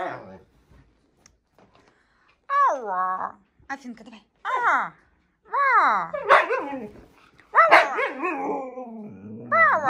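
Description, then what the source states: Siberian Husky: howls in short yodelling bursts, each sliding and wavering in pitch, separated by brief pauses. Two huskies howling together as a duet inside an apartment; the neighbours are said to be shocked.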